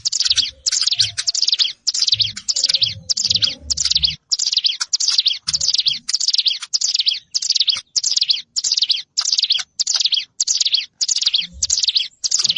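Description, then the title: Prinia giving a long, regular chain of dry, buzzy high notes, repeated rapidly and evenly throughout. Recorded in a rice field. "Ciblek Sawah 1"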